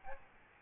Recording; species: mosquito wingbeat signal from an infrared sensor; Aedes albopictus